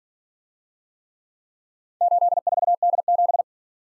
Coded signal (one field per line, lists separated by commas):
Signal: Morse code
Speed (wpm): 49 wpm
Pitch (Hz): 700 Hz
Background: none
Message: 84D7